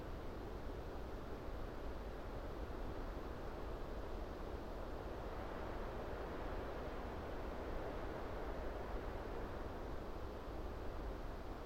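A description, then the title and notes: A mild breeze moves through an upland fir forest as a steady, dense rush, fullest in the low and middle range, without distinct calls. Upland fir forest. All leaning, slightly, against a mild August breeze. We left the Lento mics alone to capture the undulating sound within the heart of this forest.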